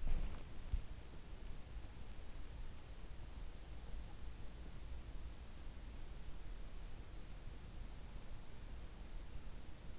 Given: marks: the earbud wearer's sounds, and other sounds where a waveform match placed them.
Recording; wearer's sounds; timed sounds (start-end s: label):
sounds in sleep by an in-ear microphone; body movement
0.00-0.94 s: body movement